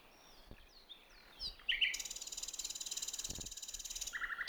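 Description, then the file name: Common nightingale: songbird phrases with soft whistles, then a long buzzy rapidly pulsed high trill and a short lower rattle at the end. "Luscinia megarhynchos"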